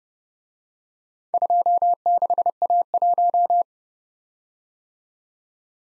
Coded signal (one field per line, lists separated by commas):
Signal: Morse code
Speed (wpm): 31 wpm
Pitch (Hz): 700 Hz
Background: none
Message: 26A1